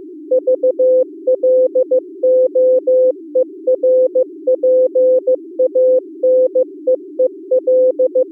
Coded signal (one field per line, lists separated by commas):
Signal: Morse code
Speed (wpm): 24 wpm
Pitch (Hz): 510 Hz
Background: music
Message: VLOERPANEEL